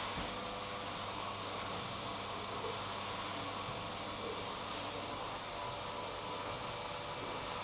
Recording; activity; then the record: daily activity, microphone in the room; vacuum cleaning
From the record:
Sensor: 1